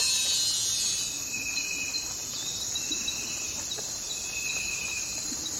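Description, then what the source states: Cricket chorus, a steady high shimmering trill throughout with long level tones through the middle. Forest at night.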